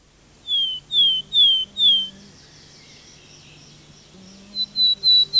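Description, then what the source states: Willow tit song: four clear, slightly descending whistled notes, a pause, then more level whistled notes. Faint, clear-toned song heard from afar in pine heath forest on an early June morning in Finland; one of the commonest small birds, declining as decaying stumps used for nest holes are cleared.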